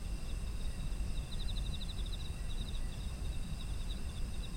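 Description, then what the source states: Insects chirping, with rapid pulsed trills repeating over steady high ringing tones, beneath a constant low rumble. Autumn insects, ambient environmental sound.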